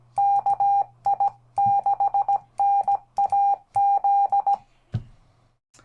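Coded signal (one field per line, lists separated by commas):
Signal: Morse code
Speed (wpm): 17 wpm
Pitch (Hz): 800 Hz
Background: none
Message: KI6NAZ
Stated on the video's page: CW on 20m from a repaired Hill Topper 20 QRP kit radio, on the air.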